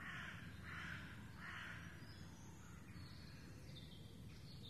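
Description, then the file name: Raven giving three harsh, hoarse calls in quick succession at the start, then quiet; thin high songbird notes and a low steady rumble underneath. Ravens recorded in the Forêt de Rambouillet on 24 May 2015. "150524 Ravens in Foret de Rambouillet"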